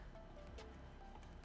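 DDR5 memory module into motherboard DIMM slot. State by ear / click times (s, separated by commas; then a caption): not seated / none. A DDR5 memory module is held over a DIMM slot on an ROG Crosshair X870E Extreme motherboard, its notch lined up with the slot key before it is dropped in. Only a steady, low-level broadband hiss with a few faint tones is heard. The module has not seated or clicked yet.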